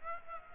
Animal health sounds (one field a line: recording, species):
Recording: mosquito wingbeat signal from an infrared sensor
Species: Aedes aegypti